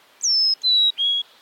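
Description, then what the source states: Carolina Chickadee whistled song: three clear, pure whistles, each a step lower than the last. Close cousin of the black-capped chickadee, holds sway in the southeast; calls with its own regional accent.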